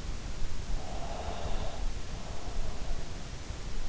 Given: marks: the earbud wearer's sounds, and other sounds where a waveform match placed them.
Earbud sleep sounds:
sounds in sleep by an in-ear microphone; breath
0.65-3.20 s: breath

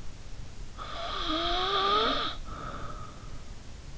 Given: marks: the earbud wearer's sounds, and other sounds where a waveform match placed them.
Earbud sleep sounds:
sounds in sleep by an in-ear microphone; snoring breath
0.82-3.33 s: snoring breath

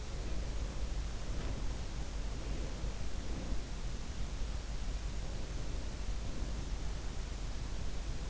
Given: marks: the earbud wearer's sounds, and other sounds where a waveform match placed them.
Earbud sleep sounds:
sounds in sleep by an in-ear microphone; breath
0.20-1.84 s: breath
2.30-3.79 s: breath
5.95-6.85 s: breath

